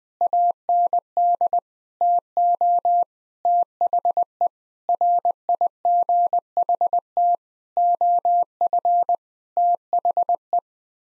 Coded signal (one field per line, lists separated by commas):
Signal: Morse code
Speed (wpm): 20 wpm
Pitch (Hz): 700 Hz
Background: none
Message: AND TO THE RIGHT OF THE